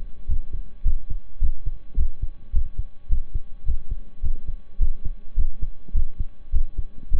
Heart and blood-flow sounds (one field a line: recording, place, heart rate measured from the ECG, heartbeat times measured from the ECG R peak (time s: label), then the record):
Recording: heart sounds by stethoscope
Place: between the tricuspid and mitral areas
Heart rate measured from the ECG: 105 bpm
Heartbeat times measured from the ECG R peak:
0.25 s: heartbeat
0.82 s: heartbeat
1.38 s: heartbeat
1.94 s: heartbeat
2.50 s: heartbeat
3.06 s: heartbeat
3.63 s: heartbeat
4.20 s: heartbeat
4.76 s: heartbeat
5.33 s: heartbeat
5.91 s: heartbeat
6.49 s: heartbeat
7.08 s: heartbeat
From the record:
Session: slow and fast walking with breaks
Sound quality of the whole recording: saturated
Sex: male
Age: 25 years